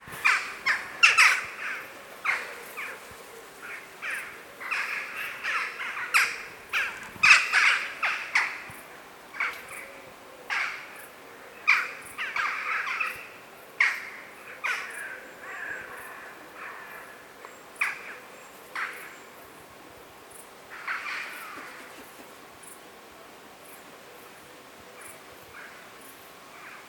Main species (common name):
Western Jackdaw